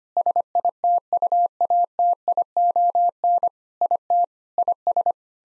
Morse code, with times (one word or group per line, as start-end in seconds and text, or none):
0.2-3.5 SITUATION
3.8-4.2 IT
4.6-5.1 IS